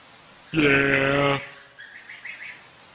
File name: goat